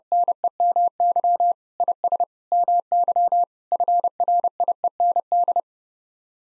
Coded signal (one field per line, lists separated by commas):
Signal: Morse code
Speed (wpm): 30 wpm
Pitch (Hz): 700 Hz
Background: none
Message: NEMY IS MY FRIEND